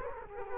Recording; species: mosquito wingbeat signal from an infrared sensor; Culex quinquefasciatus